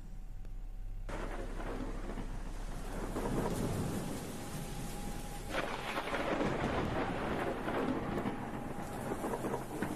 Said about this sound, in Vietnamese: Đêm hôm ấy, trời mưa to lắm. Sấm sét cứ vang lên ùng ùng. Ánh chớp đỏ lòe lòe trên bầu trời tối om om.